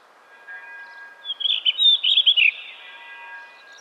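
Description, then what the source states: Bird song: a bright, rapid burst of twittering high notes lasting about a second, over faint steady background hiss. From 2010.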